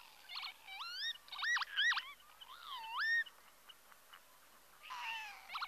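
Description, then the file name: Northern lapwing calls, a quick series of wheezy slurred whistles swooping up and down in the first three seconds, then a rougher call near the end. "Tofsvipa"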